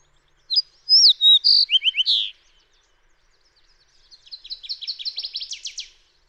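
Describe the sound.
Fox sparrow song: a loud phrase of clear whistled slurs and short buzzy notes lasting about two seconds, followed after a pause by a softer, rapid trilled series.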